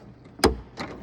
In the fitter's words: that clips in like so.